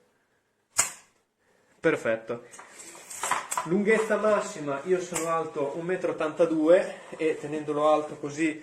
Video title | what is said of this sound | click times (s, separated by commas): Produktbewertung: Versuni Philips Series 3000 Performer Compact Staubsauger mit Beutel – 900-W-Staub | e il tubo si ferma, fa anche un bel click, sentite? | 0.8 s